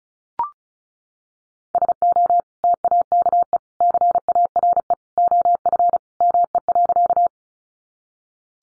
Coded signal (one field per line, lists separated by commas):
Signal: Morse code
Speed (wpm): 34 wpm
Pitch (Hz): 700 Hz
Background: none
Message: SO TAKE CARE OF ME.